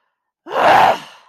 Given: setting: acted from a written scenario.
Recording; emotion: vocal sound without words; anger